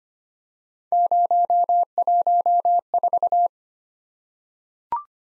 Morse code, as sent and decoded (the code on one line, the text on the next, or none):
----- .---- ....-
014